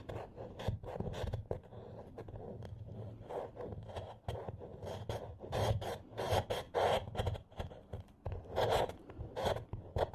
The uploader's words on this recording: TimASMR-Scraping Off Candle Wax Satisfying Scratching Sounds. (NO TALKING).